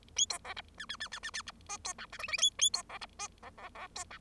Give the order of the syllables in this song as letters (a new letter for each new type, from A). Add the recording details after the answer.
A B C D E E E E E E D F B G H I I A A B C D F C C C B G. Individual Bird0